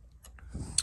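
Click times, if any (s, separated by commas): 0.8 s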